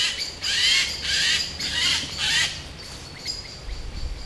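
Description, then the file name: Eurasian jay giving harsh, rasping screeches, four broad noisy bursts in quick succession, then fainter scratchy notes fading out. "Garrulus glandarius"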